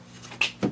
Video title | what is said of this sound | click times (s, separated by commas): KITCHEN IN A VW GOLF - DINKY CAR CAMPER - KITCHEN BUILD EP.3 | could just talk about listen to the click click click | 0.4 s, 0.6 s